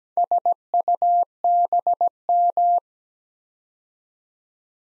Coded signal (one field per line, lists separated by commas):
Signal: Morse code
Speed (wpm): 17 wpm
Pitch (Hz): 700 Hz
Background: none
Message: SUBM